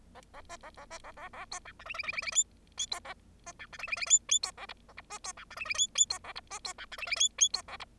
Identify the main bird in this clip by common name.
Bengalese Finch